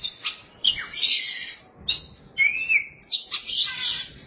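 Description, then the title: Oriental magpie-robin song: harsh buzzy phrases mixed with sliding whistles, including a pure whistle that rises and falls. Song of the kacer. "Suara Kicauan Burung Kacer"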